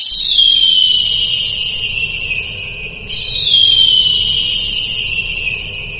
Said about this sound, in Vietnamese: Hai tiếng kêu lớn chói tai cao vút vọng lại từ phía chân trời. Chỉ thấy hai con thần điêu khổng lồ từ trên cao bổ mạnh xuống.